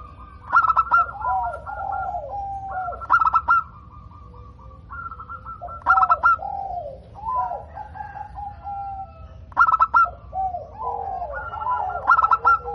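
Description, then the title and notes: Zebra dove song in repeated phrases roughly every three seconds, each a quick rattling cluster of pulsed coos trailing into lower wavering notes. Local bird, described as singing readily and with a clear, loud, crystal-toned voice. "PERKUTUT LOKAL GACOR Suara KRISTAL LANTANG. Kicau Burung Perkutut"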